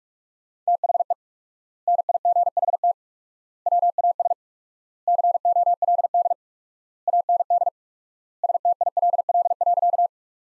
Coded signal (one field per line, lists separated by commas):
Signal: Morse code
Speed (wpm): 45 wpm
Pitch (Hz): 700 Hz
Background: none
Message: THE NIGHT WAS COLD AND STILL.